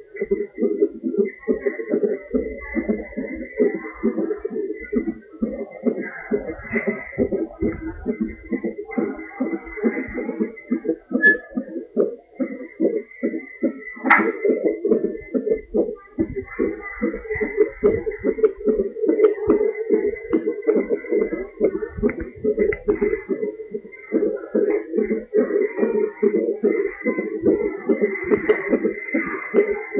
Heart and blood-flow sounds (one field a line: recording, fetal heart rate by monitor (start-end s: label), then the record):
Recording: fetal heart sounds by stethoscope on the mother's abdomen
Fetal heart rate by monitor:
0.00-10.00 s: 139 bpm
10.00-20.00 s: 143 bpm
20.00-30.00 s: 150 bpm
From the record:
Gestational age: 39 weeks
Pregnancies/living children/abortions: 2/1/0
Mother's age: 27 years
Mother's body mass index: 27.7